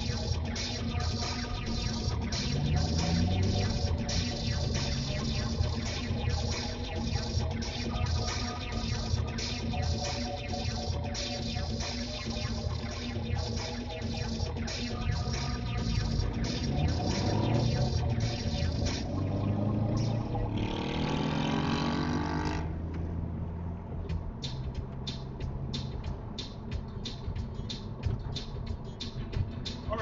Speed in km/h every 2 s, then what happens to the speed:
29, 39, 42, 35, 10, 0, 0, 18, 37, 48, 52, 55, 55, 52, 50.
0-5 speeds up to 42. 5-9 brakes to 0. 9-12 standing. 12-21 pulls away to 55.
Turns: none.